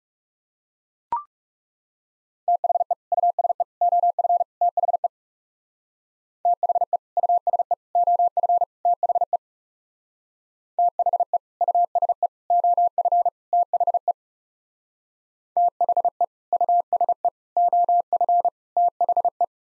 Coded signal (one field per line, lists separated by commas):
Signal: Morse code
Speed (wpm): 39 wpm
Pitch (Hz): 700 Hz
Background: none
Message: THE USE OF THE THE USE OF THE THE USE OF THE THE USE OF THE